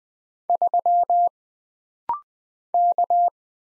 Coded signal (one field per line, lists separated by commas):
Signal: Morse code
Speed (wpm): 20 wpm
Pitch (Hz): 700 Hz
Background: none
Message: 3 K